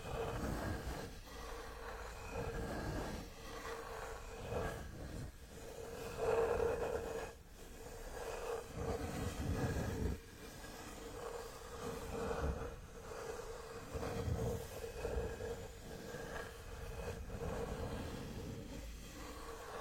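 Wooden massage tools work over the body in a steady, rubbing rhythm, with a low rumble and a constant mid-pitched hum underneath. Short breaks or knocks mark the strokes every two to three seconds, and the level stays fairly even throughout.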